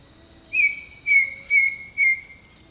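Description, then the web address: Bird song: four clear whistled notes, evenly paced and slightly falling, with a steady insect drone underneath. Jungle birdsong. "Echoes of Nature - Jungle Talk Jungle Birdsong"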